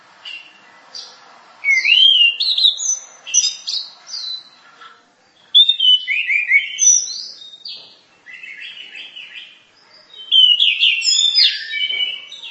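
Bird song: high, twisting whistles and chirps in three energetic bursts with short pauses between them.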